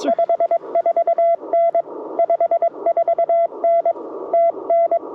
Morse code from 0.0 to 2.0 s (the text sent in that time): 54N